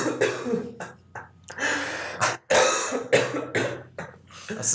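A rapid run of several harsh adult coughs with brief throat clearing, heard in a quiet room, released after the cough had been held in for a good couple of minutes.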